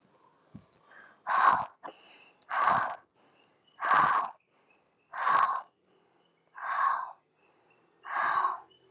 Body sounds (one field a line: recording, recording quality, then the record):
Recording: shallow breathing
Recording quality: excellent, no background noise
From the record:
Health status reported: COVID-19 positive, moderate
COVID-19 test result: positive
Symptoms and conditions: cough, cold, fever, fatigue, muscle pain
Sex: female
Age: 49 years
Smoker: not ticked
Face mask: not worn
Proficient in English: yes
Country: India